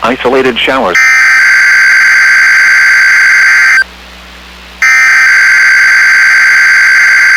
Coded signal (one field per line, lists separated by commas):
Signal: Emergency Alert System (SAME) tones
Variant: header bursts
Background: speech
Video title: 6/1/22 - KIH28 Required Weekly Test (EAS #507)